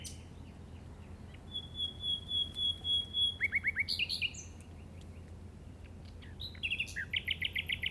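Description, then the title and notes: Common nightingale song: a long thin whistle, then a fast series of rising notes and loud repeated chirps, ending with a rapid trill of bright notes. Recorded in the Llobregat Delta at 06:00 on 8 May 2015 with a Zoom recorder. "Grabación de ruiseñor común (Luscinia megarhynchos) en el Delta del Llobregat a las 06:00 del 08/05/2015."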